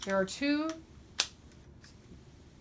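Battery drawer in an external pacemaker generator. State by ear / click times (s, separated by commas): released / 1.2 s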